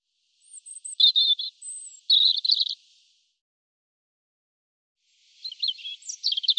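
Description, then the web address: European robin song: high warbled phrases with buzzy trills and thin high whistles, a long pause, then another tumbling phrase. "cianscape birddata Deverinetal 2025 Bird Er Ru"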